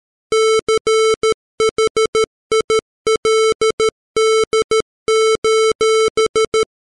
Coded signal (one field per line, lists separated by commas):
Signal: Morse code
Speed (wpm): 13 wpm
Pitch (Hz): 440 Hz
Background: music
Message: CHILD: